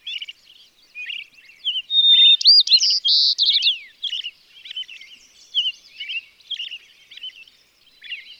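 White-crowned Sparrow song: a clear whistled note followed by buzzy, slurred phrases, with softer chirps before and after.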